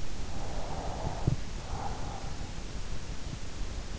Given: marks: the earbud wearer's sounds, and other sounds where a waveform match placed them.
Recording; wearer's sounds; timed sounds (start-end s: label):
sounds in sleep by an in-ear microphone; breath
0.00-3.32 s: breath